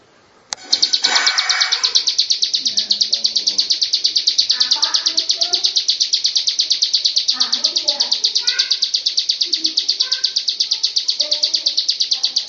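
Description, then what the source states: Lovebird ngekek song starts after a short pause and a sharp click, then a long rapid high-pitched pulsing trill continues steadily, with soft lower chirps in the background. Long ngekek song (ngekek panjang) style.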